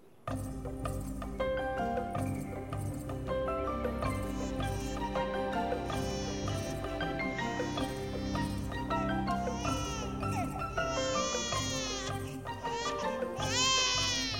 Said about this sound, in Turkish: Uf, susturun şunu ya. Artık dayanamayacağım. Ha, biri ağlıyor. Yediğim hayvanlar bile bu kadar ağlamadı. Ne yapsam susmuyor.